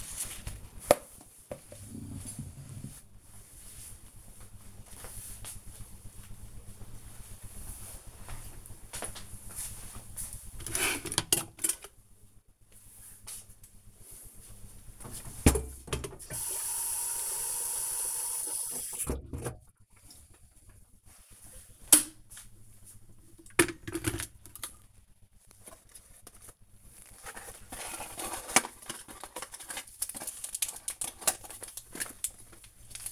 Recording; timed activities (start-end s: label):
household activities, microphone on the right wrist
0.00-1.07 s: window cleaning
11.15-33.12 s: making tea